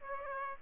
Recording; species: mosquito wingbeat signal from an infrared sensor; Aedes aegypti